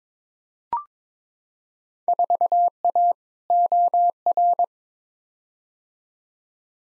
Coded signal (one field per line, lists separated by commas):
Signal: Morse code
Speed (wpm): 22 wpm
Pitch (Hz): 700 Hz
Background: none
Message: 4A OR